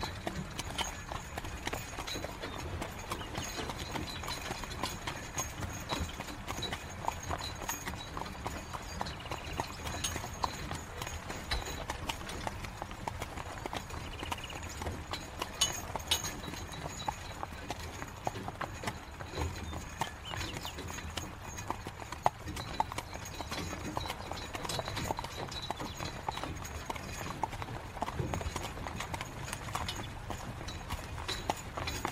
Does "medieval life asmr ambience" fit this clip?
yes